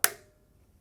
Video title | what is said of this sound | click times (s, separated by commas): How to use a mini-charger (Phonak) | you'll hear a click when you do this | 0.0 s